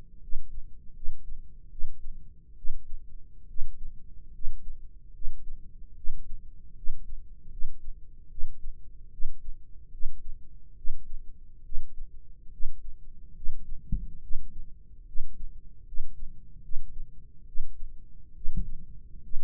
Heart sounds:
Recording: heart sounds by microphone in the right ear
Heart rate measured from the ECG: 73 bpm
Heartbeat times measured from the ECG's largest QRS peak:
0.19 s: heartbeat
0.93 s: heartbeat
1.69 s: heartbeat
2.55 s: heartbeat
3.47 s: heartbeat
4.31 s: heartbeat
5.12 s: heartbeat
5.94 s: heartbeat
6.74 s: heartbeat
7.49 s: heartbeat
8.28 s: heartbeat
9.10 s: heartbeat
9.90 s: heartbeat
10.75 s: heartbeat
11.63 s: heartbeat
12.50 s: heartbeat
13.34 s: heartbeat
14.21 s: heartbeat
15.05 s: heartbeat
15.84 s: heartbeat
16.61 s: heartbeat
17.45 s: heartbeat
18.33 s: heartbeat
19.21 s: heartbeat
From the record:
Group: healthy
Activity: rest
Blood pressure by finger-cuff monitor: 157/96 mmHg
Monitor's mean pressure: 113 mmHg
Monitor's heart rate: 72 bpm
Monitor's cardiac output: 6 L/min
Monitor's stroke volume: 82 mL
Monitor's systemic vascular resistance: 1370 dyn s/cm5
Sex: male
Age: 21 years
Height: 180 cm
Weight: 67.5 kg

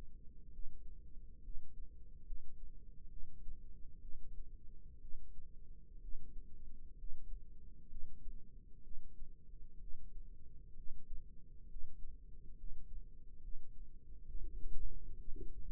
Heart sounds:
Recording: heart sounds by microphone in the left ear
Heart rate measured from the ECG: 65 bpm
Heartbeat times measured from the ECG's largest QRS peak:
0.50 s: heartbeat
1.41 s: heartbeat
2.24 s: heartbeat
3.08 s: heartbeat
3.99 s: heartbeat
4.99 s: heartbeat
5.99 s: heartbeat
6.95 s: heartbeat
7.88 s: heartbeat
8.82 s: heartbeat
9.78 s: heartbeat
10.74 s: heartbeat
11.67 s: heartbeat
12.55 s: heartbeat
13.39 s: heartbeat
14.25 s: heartbeat
15.16 s: heartbeat
From the record:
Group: healthy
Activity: cold pressor test 0-13 s, rest 13-16 s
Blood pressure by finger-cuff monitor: 139/68 mmHg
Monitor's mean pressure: 89 mmHg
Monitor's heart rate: 65 bpm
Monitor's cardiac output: 6.1 L/min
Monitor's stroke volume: 94 mL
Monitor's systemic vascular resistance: 1070 dyn s/cm5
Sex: female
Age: 37 years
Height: 168 cm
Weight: 70 kg

